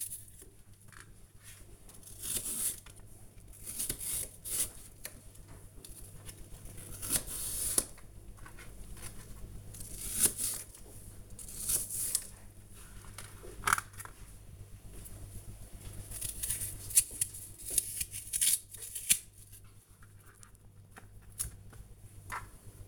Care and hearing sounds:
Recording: household activities, microphone on the right wrist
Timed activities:
0.00-22.88 s: cutting vegetables

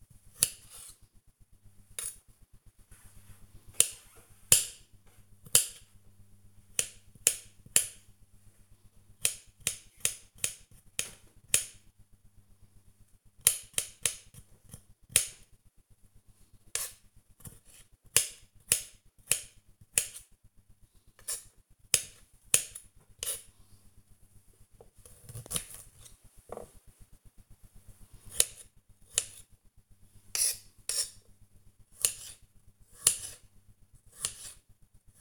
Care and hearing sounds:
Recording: household activities, microphone on the right wrist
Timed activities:
0.00-35.21 s: cutting vegetables

